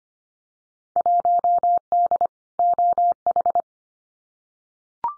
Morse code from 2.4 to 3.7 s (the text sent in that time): OH